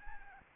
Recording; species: mosquito wingbeat signal from an infrared sensor; Aedes albopictus